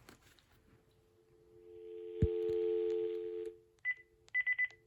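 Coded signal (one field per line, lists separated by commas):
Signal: telephone call progress tone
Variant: North America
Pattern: dial tone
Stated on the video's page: Call progress tone heard on high-end early-2000s 2.4GHz digital cordless phones, a Panasonic KX-TG2620 and Uniden DCT6485.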